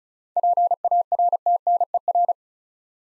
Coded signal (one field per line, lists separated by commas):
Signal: Morse code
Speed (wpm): 36 wpm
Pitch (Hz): 700 Hz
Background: none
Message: PARTNER